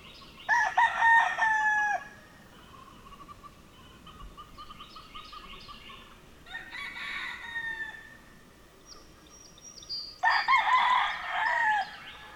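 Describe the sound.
Birds calling: two loud rooster crows, one near the start and one near the end, with a softer crow in the middle and softer chirping and twittering from smaller birds between them.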